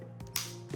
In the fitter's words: there we go that's that last little click if you don't get it it won't work right